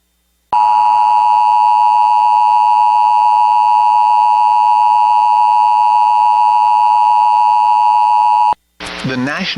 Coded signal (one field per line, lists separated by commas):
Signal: Emergency Alert System (SAME) tones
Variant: 853 and 960 Hz attention tone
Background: speech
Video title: (VALID TONES) EAS Recreation Mock - Boise Area SVR (2024/06/26)